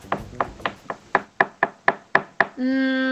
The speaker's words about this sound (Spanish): ¿Una puerta que se golpea? Sí.